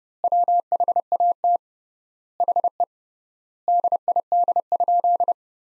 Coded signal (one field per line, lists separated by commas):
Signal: Morse code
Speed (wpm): 30 wpm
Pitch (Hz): 700 Hz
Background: none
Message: WHAT HE DID?